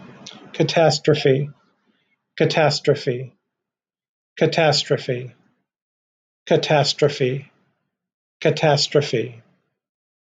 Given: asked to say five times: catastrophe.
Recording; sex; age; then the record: repeated word; male; 50 to 59 years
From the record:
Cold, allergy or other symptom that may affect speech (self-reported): no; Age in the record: 59 years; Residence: Ohio, United States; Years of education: 12